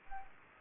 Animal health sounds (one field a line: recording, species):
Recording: mosquito wingbeat signal from an infrared sensor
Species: Aedes aegypti